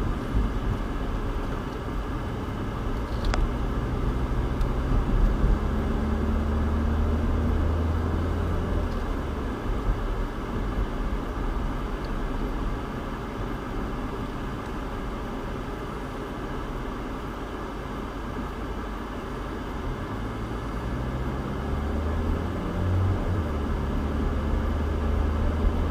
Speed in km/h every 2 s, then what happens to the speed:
16, 21, 29, 37, 42, 37, 24, 11, 6, 6, 18, 29, 37.
0-7 speeds up to 42. 8-18 brakes to 6. 18-26 speeds up to 37.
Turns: none.